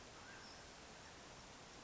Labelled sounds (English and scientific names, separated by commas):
Mountain Quail (Oreortyx pictus)